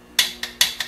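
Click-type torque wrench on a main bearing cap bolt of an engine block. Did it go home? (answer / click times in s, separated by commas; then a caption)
yes / 0.2 s. A click-type torque wrench set to 50 lb-ft tightens a main bearing cap bolt on a small-block V8 crankshaft and gives its release click at 0.2 s, confirming the bolt has reached torque. Three more sharp clicks follow at about 0.4, 0.6 and 0.8 s.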